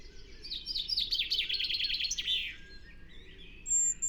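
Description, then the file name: Eurasian blue tit: small bird giving a fast, buzzy run of high chattering notes for about two seconds over a noisy background, with a thin whistle near the end. "Cyanistes caeruleus"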